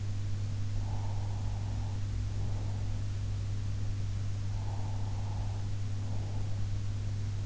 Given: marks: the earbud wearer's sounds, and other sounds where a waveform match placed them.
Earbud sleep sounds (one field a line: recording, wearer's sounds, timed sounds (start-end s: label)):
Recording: sounds in sleep by an in-ear microphone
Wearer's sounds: breath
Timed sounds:
0.85-2.94 s: breath
4.63-6.51 s: breath